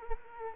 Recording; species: mosquito wingbeat signal from an infrared sensor; Culex quinquefasciatus